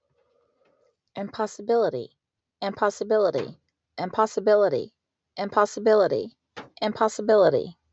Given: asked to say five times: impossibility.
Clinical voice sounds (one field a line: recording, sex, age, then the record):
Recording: repeated word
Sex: female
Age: 40 to 49 years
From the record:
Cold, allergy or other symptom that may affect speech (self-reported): no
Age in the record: 46 years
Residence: California, United States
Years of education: 14